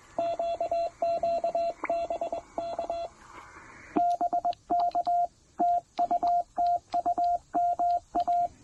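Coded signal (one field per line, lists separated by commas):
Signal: Morse code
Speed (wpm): 22 wpm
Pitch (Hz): 690 Hz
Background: radio noise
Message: QQ BK BK TU TU MA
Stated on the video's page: Trailside Parks on the Air activation using a TR-45L transceiver and PackTenna random wire antenna.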